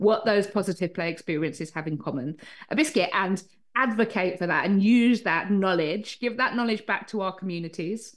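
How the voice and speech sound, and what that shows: Fluent adult female speech broken by an involuntary interjected word, 'biscuit': a vocal tic of Tourette syndrome, a condition causing movements and noises that cannot be controlled, called tics.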